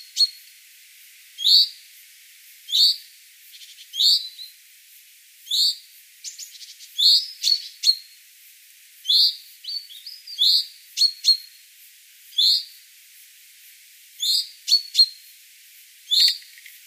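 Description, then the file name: Common chaffinch repeating brisk, bright 'pink' calls at short intervals, interspersed with brief high whistles and sharp ticks. "Fringilla coelebs"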